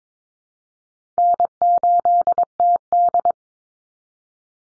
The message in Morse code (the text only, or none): N8TD